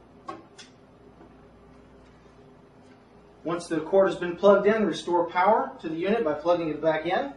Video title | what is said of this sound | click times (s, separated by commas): Installing the Amana DigiSmart Antenna DT01A | make sure you hear a snap | 0.3 s